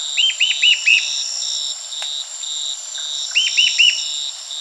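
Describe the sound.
Bird with a run of four rapid arched chirps, then a later run of three, over a loud, continuous insect chorus.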